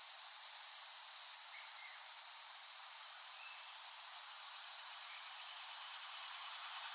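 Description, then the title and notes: Cicada chorus in a continuous, dense, high, shimmering hiss-like buzz. Cicadas recorded in West Brighton, Staten Island, late summer 2008. "The Cicadas of Summer. Recording of cicadas made by Dan Bodah in West Brighton, Staten Island, late summer 2008"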